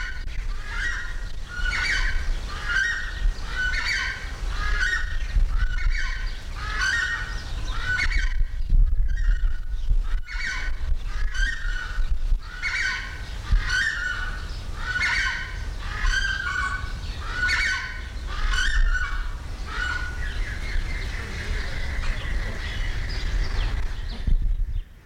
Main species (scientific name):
Chauna torquata